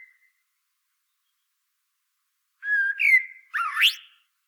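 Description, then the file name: Common blackbird giving a short fluty whistled phrase, then a swooping, slurred higher note, after a long quiet start. "Turdus merula"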